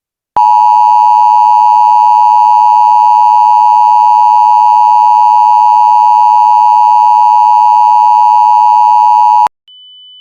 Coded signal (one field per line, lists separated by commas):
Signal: Emergency Alert System (SAME) tones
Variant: 853 and 960 Hz attention tone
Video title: Eas Scenario 1: The Dog (Part 1)